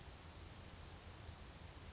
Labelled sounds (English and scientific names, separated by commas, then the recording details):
Brown Creeper (Certhia americana)
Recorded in Sonoma County, California